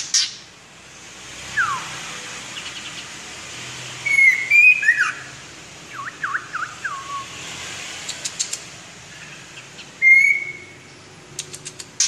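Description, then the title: White-rumped shama singing scattered whistled notes, some sliding downward, with brief sharp clicks and rattles over a steady faint hiss. "murai batu"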